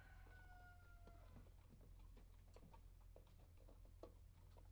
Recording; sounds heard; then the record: poultry house recording; healthy chickens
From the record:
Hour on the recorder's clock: 1